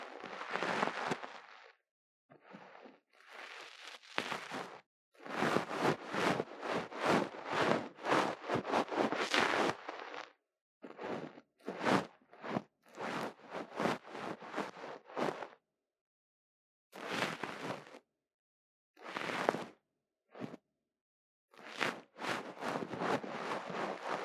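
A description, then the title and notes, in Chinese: Ear-cleaning sounds with soft fluffy brushing, made in quick bursts of rapid scratchy strokes separated by short silences. The rustling is crisp and bright, with a dense run from about five to ten seconds and shorter flurries afterward. 貫穿腦門的絨毛毛球觸發 | Lo-fi | Brain Penetrating Ear Cleaning | NO Talking。因為是收音比較沒那麼敏感的小麥克風。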